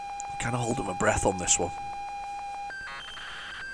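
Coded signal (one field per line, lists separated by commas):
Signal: ZX Spectrum tape loading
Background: speech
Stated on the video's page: Loading audio from an unknown ZX Spectrum cassette tape, with tape loading errors.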